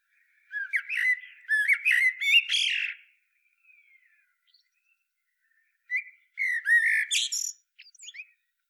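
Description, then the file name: Eurasian blackbird delivering fluted, warbling phrases that rise into strained high twitters. There are two main bursts with faint soft notes in the gap. "Turdus merula"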